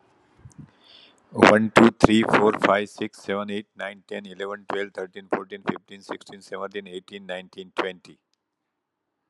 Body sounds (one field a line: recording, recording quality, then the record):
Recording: counting at a fast pace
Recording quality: excellent, no background noise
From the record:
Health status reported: healthy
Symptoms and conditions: hypertension, diabetes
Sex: male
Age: 65 years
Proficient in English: yes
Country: India